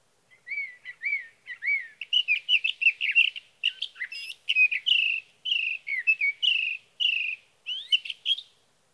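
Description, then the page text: Sage thrasher delivering an extended rambling song of rapid warbled phrases with slurred whistles rising and falling, over about eight seconds. Male singing through the night near his night roost, over three nights from June 12 to June 15, 2018, Sierra Valley, California; Swift recorder. "Sage thrasher songs, through the night. from the evening of June 12 to the morning of June 15, 2018, in Sierra Valley, California"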